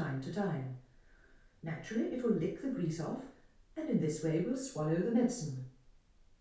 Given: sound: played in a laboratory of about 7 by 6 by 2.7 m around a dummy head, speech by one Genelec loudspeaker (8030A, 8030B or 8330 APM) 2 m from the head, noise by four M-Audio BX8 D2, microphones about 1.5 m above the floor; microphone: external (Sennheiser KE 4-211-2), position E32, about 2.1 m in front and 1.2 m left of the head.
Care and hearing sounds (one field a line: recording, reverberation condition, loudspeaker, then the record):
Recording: female speech in English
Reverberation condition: medium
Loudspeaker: 150 degrees to the right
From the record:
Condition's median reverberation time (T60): about 510 ms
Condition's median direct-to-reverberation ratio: about -0.5 dB